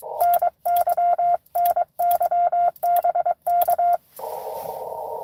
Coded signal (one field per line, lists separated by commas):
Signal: Morse code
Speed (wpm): 23 wpm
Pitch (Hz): 700 Hz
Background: radio noise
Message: NY NY BK